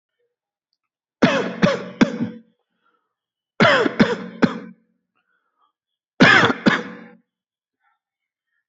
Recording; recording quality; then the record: heavy voluntary cough; excellent, no background noise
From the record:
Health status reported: healthy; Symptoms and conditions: none ticked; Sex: male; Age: 31 years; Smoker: not ticked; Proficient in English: yes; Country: India